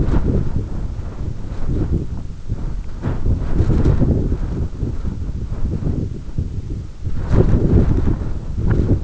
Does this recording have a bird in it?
no